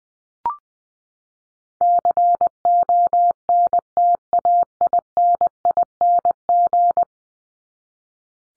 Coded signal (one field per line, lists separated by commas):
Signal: Morse code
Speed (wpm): 20 wpm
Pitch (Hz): 700 Hz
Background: none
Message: CONTAINING